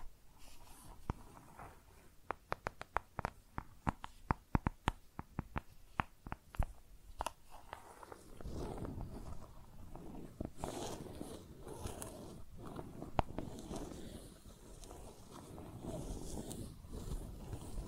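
Makeup tapping and scratching: quick sharp taps cluster in the first eight seconds, then denser rough scratching continues with occasional taps.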